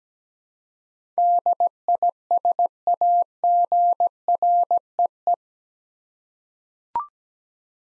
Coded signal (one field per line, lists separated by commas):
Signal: Morse code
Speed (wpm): 17 wpm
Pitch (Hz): 700 Hz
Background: none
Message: DISAGREE